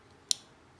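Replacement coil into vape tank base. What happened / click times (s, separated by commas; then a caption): The metal thread start dropped into place with a click / 0.3 s. A metal sub-ohm replacement coil, packed with bamboo fiber cotton, is turned backwards against its thread in the base of a Horizon Tech Falcon King sub-ohm vape tank. At 0.3 s the thread start drops in with a single short, sharp click, so the coil is seated in alignment before being tightened down. Turning it this way makes sure it threads correctly and does not leak.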